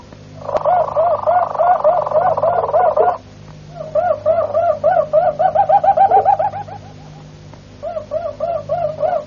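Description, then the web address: Harz Roller canary with a dense, even rolling trill, then rapid bouncing repeated notes in quick succession, pausing and resuming, above a low hum. Harz-type canary song. "canarios cantoharz"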